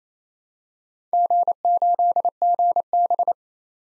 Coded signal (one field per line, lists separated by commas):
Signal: Morse code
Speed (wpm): 29 wpm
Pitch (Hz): 700 Hz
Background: none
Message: G8GB